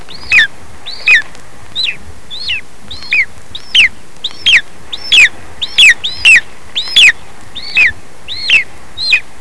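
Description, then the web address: Bird calls: short, sharp chirps that arch and drop in pitch, repeated at uneven intervals of about half a second to a second, some doubled, over a faint steady hiss. "特酷声音素材库 动物 鸟 Bird"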